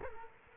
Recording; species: mosquito wingbeat signal from an infrared sensor; Culex quinquefasciatus